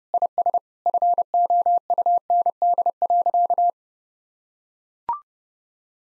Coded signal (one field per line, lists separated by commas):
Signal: Morse code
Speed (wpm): 32 wpm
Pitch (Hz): 700 Hz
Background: none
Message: IS FOUND.